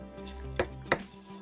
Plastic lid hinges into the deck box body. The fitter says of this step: click them into